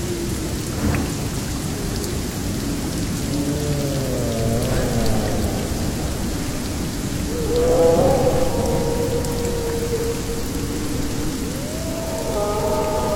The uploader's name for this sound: Thunder and rain in the wild jungle, wolf howling from time to time